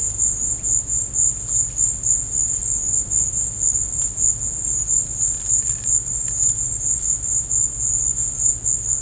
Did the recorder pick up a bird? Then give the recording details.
no. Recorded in dense forest near Puerto Asís, Putumayo, Colombia, on 26 December 2024 at 13:30. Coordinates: 0.481, -76.323. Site G100